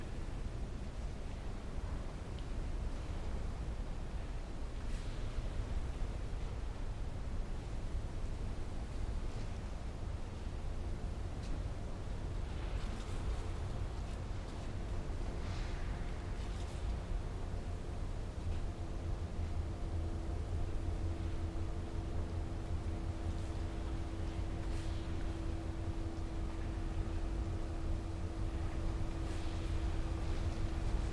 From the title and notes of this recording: Winter in Saint Petersburg presents a sound art work with field recordings collected in Saint Petersburg. Next, the listener begins a journey along Gorokhovaya Street.